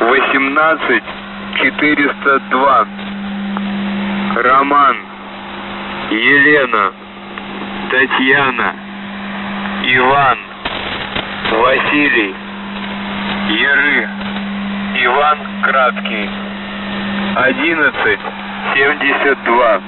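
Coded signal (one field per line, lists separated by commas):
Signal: coded military voice message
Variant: Russian, The Goose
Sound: russian male voice reading numbers and spelled names over a steady low hum and static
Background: radio static, steady hum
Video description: "The Goose" is a Russian military radiostation that broadcasts on 4310 kHz at daytime and on 3243 kHz at nighttime.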